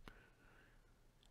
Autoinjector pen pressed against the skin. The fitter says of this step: and you should hear a second click that is when it will be injecting you with